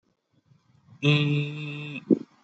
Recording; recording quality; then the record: sustained vowel as in beet; excellent, no background noise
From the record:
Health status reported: healthy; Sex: male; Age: 18 years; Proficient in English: yes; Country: India